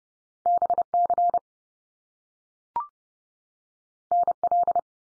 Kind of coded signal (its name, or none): Morse code